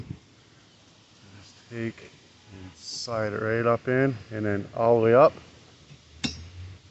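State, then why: Not seated. Someone talks while sliding a windshield wiper blade up onto the wiper arm hook of a Jeep Grand Cherokee, with a brief sharp sound near 6.2 s. Nothing has clicked into place yet; the blade fails to click onto the arm because the adapter is the wrong size.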